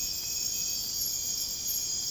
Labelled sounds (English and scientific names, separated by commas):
none